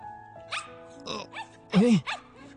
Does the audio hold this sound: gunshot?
no